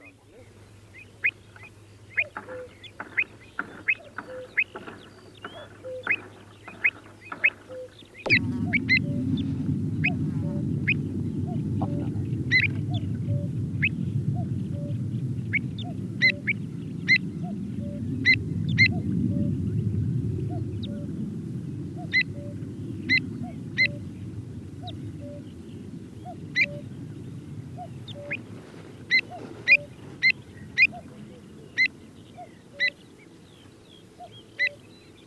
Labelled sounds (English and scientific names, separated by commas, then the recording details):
Pied Avocet (Recurvirostra avosetta) call
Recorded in the wild
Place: Glewitz, Insel Rügen, Mecklenburg-Vorpommern
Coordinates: 54.252, 13.299
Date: 1975-06-07
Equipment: Nagra III BH, Sennheiser MD 21, parabola
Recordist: Schubert, Michael